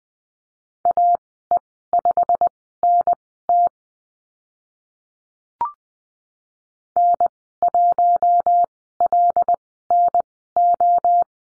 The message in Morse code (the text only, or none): AE5NT N1LNO